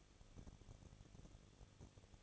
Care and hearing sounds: daily activity, microphone in the room; no activity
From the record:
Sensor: 4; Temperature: 23.1 degrees Celsius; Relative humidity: 34.1%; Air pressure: 1007.2 hPa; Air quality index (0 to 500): 216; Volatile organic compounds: 15 ppm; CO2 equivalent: 2494 ppm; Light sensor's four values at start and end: 2/3/1/1 and 2/3/1/1

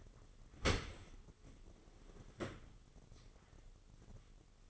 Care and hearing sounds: daily activity, microphone in the room; open dishwasher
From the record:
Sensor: 4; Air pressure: 996.5 hPa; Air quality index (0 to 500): 88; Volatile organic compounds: 4 ppm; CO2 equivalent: 1697 ppm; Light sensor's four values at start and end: 20/55/21/23 and 20/55/21/23

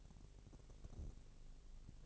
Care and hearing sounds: daily activity, microphone in the room; take from stove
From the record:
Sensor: 4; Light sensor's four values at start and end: 9/20/8/8 and 9/20/8/7

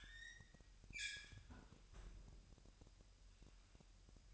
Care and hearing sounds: daily activity, microphone in the room; close fridge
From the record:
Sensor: 2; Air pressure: 1001.8 hPa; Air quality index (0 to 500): 246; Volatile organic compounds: 35 ppm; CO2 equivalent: 3058 ppm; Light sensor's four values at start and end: 8/28/11/10 and 8/28/11/10

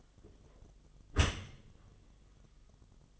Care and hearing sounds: daily activity, microphone in the room; close dishwasher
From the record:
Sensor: 4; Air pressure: 1005.6 hPa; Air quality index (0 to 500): 113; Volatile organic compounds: 3 ppm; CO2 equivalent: 1404 ppm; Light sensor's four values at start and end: 11/26/10/10 and 11/25/10/10

